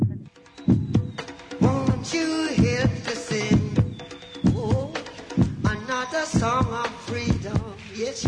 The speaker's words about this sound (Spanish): 19:22 minutos, vamos a un separador